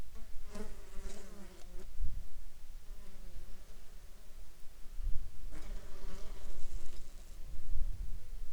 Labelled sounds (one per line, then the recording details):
insects
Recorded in Ivvavik National Park, Yukon, on 2 July 2019 at 08:44
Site SINP03